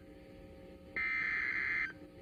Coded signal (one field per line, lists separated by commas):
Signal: Emergency Alert System (SAME) tones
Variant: header bursts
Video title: The Raleigh-Wakefield Show - EAS Alerts from 8/2/24 || EAS 1,368-1,376